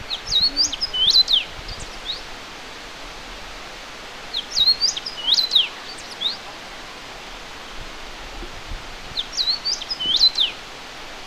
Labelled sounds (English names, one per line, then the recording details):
Common Rosefinch song
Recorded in the wild
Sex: male
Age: adult
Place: Rerik-Meschendorf, Ostseeküste, Mecklenburg-Vorpommern, DE
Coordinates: 54.1289, 11.6439
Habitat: urban area
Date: 1994-05-29 15:00
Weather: 15°C, weak winds
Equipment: Sony TCD-D3, Sennheiser ME 80, K 30 AV (III)
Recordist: Frommolt, Karl-Heinz
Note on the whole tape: Ostseecamp Seeblick: Gesang eines ausgefärbten Tieres (9 Strophen), sitzt auf Holunderbaum in 7 m Höhe, Entfernung 20 m